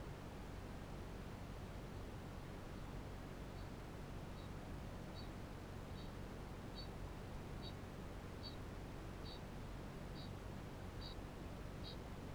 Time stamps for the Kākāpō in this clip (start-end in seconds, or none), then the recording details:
3.37-7.87, 8.21-12.34. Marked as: faintness 4/5, faintness 3/5. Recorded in New Zealand. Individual Barnard